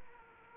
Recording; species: mosquito wingbeat signal from an infrared sensor; Aedes aegypti